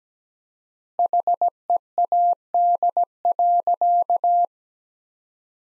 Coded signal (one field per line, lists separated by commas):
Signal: Morse code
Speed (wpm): 17 wpm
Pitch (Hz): 700 Hz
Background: none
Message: HEAD.